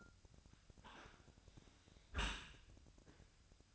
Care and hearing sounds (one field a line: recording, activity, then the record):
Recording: daily activity, microphone in the room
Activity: close dishwasher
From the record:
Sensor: 2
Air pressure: 1003.0 hPa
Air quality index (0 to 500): 200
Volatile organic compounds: 6 ppm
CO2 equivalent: 1894 ppm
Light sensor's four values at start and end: 19/47/20/22 and 21/49/21/24